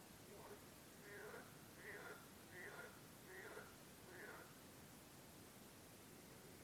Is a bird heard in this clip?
no